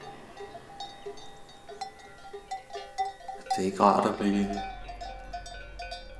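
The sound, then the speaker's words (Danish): Sheep bells clink and jingle irregularly throughout, with a loud sheep bleat rising midway, while a person speaks over the tinkling. “Gud, der står nogle får der.”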